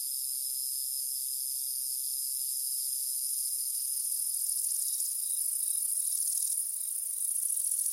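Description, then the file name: Cricket chirping chorus, a dense steady high-pitched shimmer of overlapping insect trills that carries on without pause throughout. "Just Sound Effects Crickets and Cicadas"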